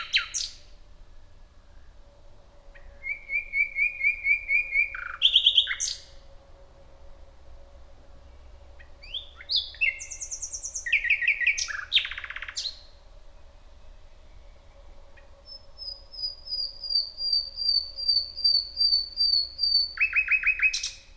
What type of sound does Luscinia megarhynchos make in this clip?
song